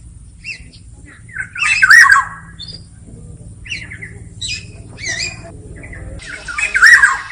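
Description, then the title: Black-naped oriole uttering a loud rasping squawk with a curling whistle inside, softer scratchy notes between, then a second squawk at the end; thin constant high tone behind. Black-naped oriole in active full song in the 'ngeplong' style, recorded as a training and therapy track for birdkeepers. "KEPODANG EMAS GACOR NGEPLONG I TERAPI"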